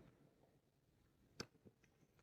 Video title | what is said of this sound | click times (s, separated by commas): How to Fix a Leaky Generator Carburetor - DIY Firman H07552 Maintenance & Save $$$ | and then it snap into place. | 1.4 s